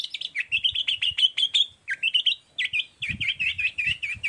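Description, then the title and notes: Long-tailed shrike song, fast repeated chirping notes with dipping whistled inflections, delivered in quick runs with brief gaps. Morning song with varied 'toet toet' notes, used as a lure to provoke other shrikes into answering and singing along. "Cendet Gacor Dor Di Kala Pagi Toet Toet Variasi Suara. Pancingan Emosi Cendet Gacor Full Variasi Toet Toet Bikin Nyaut Cendet Lain Langsung Ikutan Bunyi. Burung cendet"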